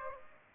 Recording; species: mosquito wingbeat signal from an infrared sensor; Aedes aegypti